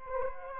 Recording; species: mosquito wingbeat signal from an infrared sensor; Aedes aegypti